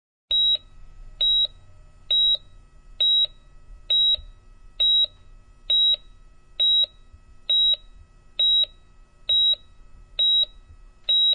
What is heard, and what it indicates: Heartbeat stop alarm sound effect.